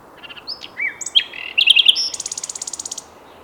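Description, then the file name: Common nightingale song, a varied jumble of whistles, swoops and sharp chips running into a fast, even rattling trill of many notes. "Luscinia megarhynchos"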